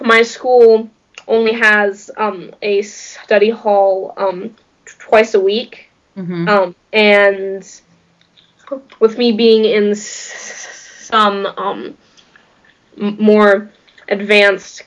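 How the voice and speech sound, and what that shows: A 16-year-old girl speaks with a stutter she has had for 13 years. Her speech has prolonged sounds, drawn-out filler 'um's and long silent pauses.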